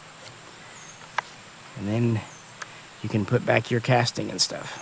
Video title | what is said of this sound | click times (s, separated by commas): Preban Steyr AUG SA Bullpup #101 (Interarms & GSI Austrian STG77 A1 Semi-Auto Import Guide) | Press in and pull your pin back. Make sure it clicks in good. | 1.2 s